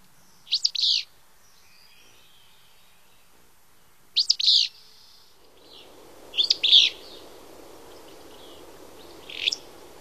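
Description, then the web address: Willow flycatcher giving a few short raspy, explosive phrases, with background hiss growing louder partway through. "Songs of Birds of North America Stokes. Willow Flycatcher"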